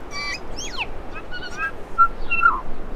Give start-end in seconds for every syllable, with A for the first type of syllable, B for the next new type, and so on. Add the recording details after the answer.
0.10-0.37 A, 0.52-0.85 B, 1.12-1.21 C, 1.30-1.39 D, 1.41-1.48 D, 1.50-1.69 E, 1.96-2.07 F, 2.28-2.61 G. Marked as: Cheesy, CUVsqueak, Alarmy(short+up), Stutter(decurved), Alarmy(twobitCUV+io), Pipe(E[6]+), Chortle_Ghh. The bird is a male. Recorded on Cuvier Island, New Zealand, on 4 November 2016. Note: LongSeqRepClicksWheezeSyllable